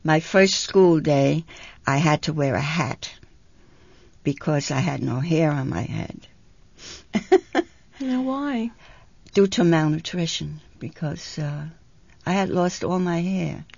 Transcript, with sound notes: My first school day, I had to wear a hat, because I had no hair on my head. ( she laughs )
Now, why?
Due to malnutrition, because I had lost all my hair.